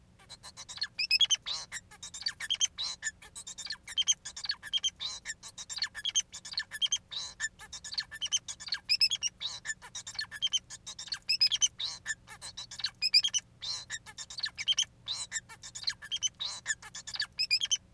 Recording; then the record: song of a male Bengalese finch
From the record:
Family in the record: son of father 4